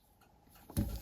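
The stainless steel fold-over clasp on the bracelet of a Seestern S446 homage watch is closed and snaps shut. After faint low rustling, a sharp metallic click lands at 0.8 seconds, and the clasp is seated.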